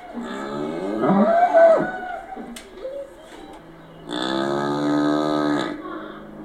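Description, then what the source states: Cow lowing: a short wavering vocal sound early on, then a long, full moo lasting about a second and a half, with a low background hum. Several cows in a stable.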